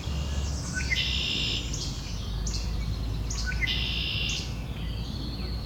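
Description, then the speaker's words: Red-winged Blackbird calls: two harsh, buzzy notes, with a steady low rumble underneath. Red-winged blackbirds calling as if arguing, southern Ontario, recorded while testing a bird sound ID app. "Red-winged blackbird's having an argument here."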